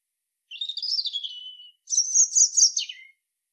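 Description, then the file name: European robin song: a descending silvery warble followed by a higher, rapid, twittering phrase that drops at its close. "Erithacus rubecula"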